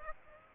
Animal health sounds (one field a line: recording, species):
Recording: mosquito wingbeat signal from an infrared sensor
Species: Aedes aegypti